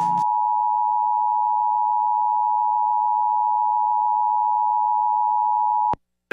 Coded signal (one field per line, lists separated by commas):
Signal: Emergency Alert System (SAME) tones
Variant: 853 and 960 Hz attention tone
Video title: Lone Star Goodies! | EAS Alerts from April 28th, 2023 (EAS #2393-2417)